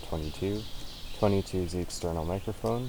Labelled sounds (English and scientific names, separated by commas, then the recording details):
Ovenbird (Seiurus aurocapilla) song
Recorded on 2 June 2016 at 09:26
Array SBT-3-7